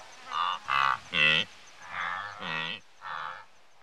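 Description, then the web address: Wildebeest making six short, nasal, croaking grunts in quick succession. Several wildebeest grazing and grunting in Africa. "Sound Effects Library-30 (Africa- The Natural World) 28 WILDBEEST, Several grazing and grunting"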